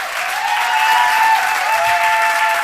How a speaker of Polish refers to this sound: Ja jeszcze bardzo chciałbym przedstawić ten wspaniały zespół, bo im się należą też bardzo wielkie brawa.